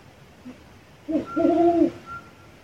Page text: Strix leptogrammica